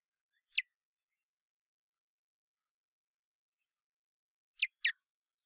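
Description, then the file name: Common blackbird giving sharp, clicking chink calls: a single note, a long pause, then two quick notes close together, with silence around them. "Turdus merula"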